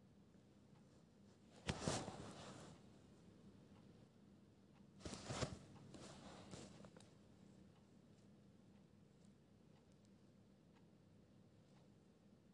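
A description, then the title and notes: Pencil sounds in a quiet space, with two bursts of bright scratchy rustling around 2 and 5 seconds, like page flips or quick scribbles. Smaller scratches trail after each, then fade into a low steady hum for the rest of the clip. (NO MUSIC) Pencil ASMR, quiet space, page flipping, scribbles etc.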